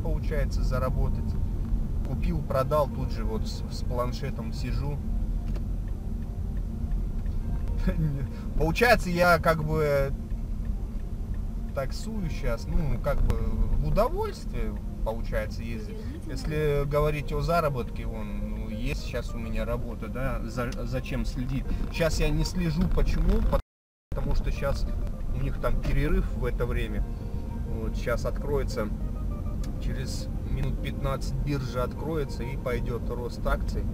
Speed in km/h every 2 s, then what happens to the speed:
33, 30, 27, 25, 24, 23, 22, 20, 19, 19, 22, 19, 21, 25, 30, 33, 36.
0-6 slows to 25. 6-24 steady at about 21. 24-34 speeds up to 36.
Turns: 21-23.